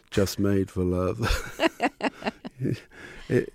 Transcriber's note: laughter